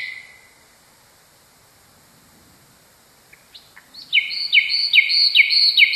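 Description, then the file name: Nightingale song begins with a brief note and a long quiet stretch: a few scattered chirps, then a rapid series of repeated high, sharp notes that grows louder. "kicauan nightingale. omkicau"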